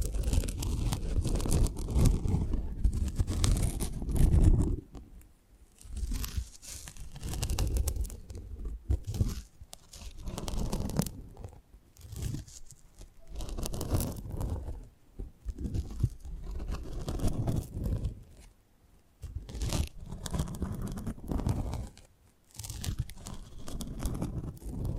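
Close-up mic treatment: rough crunching, tearing and crinkling noises rub and scrape right against the mic. A dense, loud stretch fills the first five seconds, then the handling continues in irregular bursts of a second or two, split by brief near-silent gaps.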